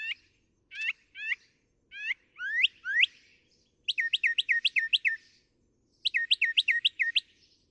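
Northern mockingbird song with sweeping slurred notes, followed by fast repeated notes in two quick bursts.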